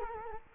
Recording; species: mosquito wingbeat signal from an infrared sensor; Culex quinquefasciatus